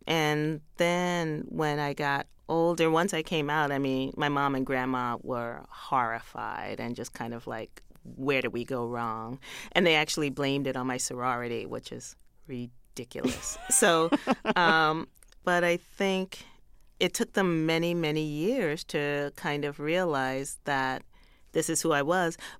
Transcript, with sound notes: And then when I got older - once I came out, I mean, my mom and grandma were horrified and just kind of like, where did we go wrong? And they actually blamed it on my sorority, which is ridiculous.
(Laughter).
So - but I think it took them many, many years to kind of realize that this is who I was.